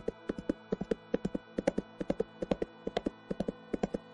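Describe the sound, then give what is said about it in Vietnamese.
Horse hooves clip-clop in a quick, steady rhythm, with sharp hollow knocks falling in pairs and triplets throughout, clear and fairly loud with no voices. “Cưỡi ngựa ngàn đầu, Toàn Báo giọng hô điên cuồng.”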